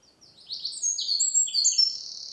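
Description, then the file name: Eurasian wren song, a rapid high run of sharp trilled notes and buzzy rattles that builds over two seconds, ending on a loud note. "Troglodytes troglodytes"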